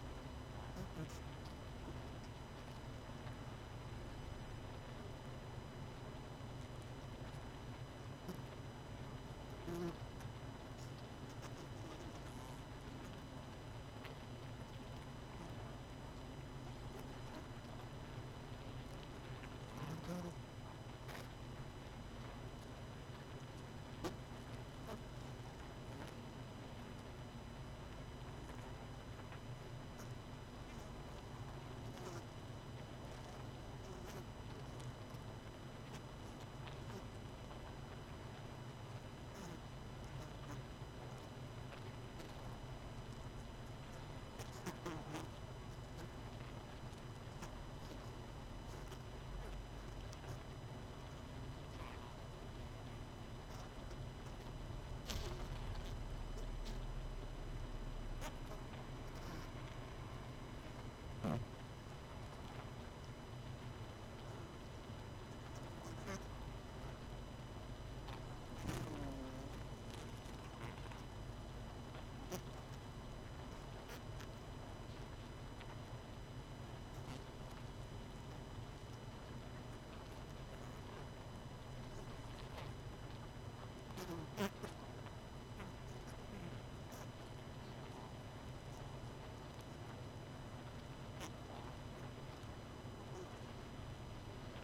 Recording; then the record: honeybee colony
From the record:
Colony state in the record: missing queen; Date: 31 May 2018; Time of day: 19:24